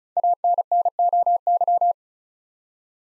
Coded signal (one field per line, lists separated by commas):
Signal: Morse code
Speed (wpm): 36 wpm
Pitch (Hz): 700 Hz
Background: none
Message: ANNOY